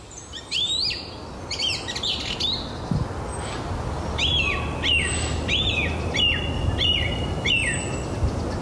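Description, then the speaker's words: Song thrush singing: a varied, scratchy opening, then a clear whistled phrase repeated several times, with soft background hiss. Song thrush singing at full volume and imitating all sorts of other birds; recorded in Geesterambacht near Koedijk, north of Alkmaar. "bij Koedijk, boven Alkmaar, hoort ze een zanglijster uit volle borst allerlei andere vogels imiteren."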